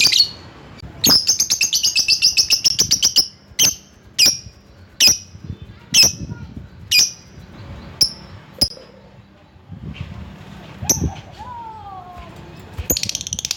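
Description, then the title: Lovebird calls: a rapid chattering burst of high chirps, then single sharp chirps spaced about a second apart, with a faint whine near the end. Lovebird calling a rival. "Lovebird Memanggil Lawan"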